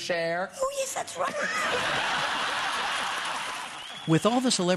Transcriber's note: laughter